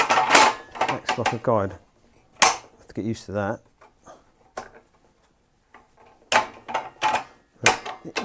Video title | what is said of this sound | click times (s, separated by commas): Evolution R255TBL+ review build first look | It locks in with a nice click. | 7.7 s